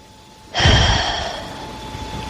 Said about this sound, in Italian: Entra ed esce, quando vuole. Respiro.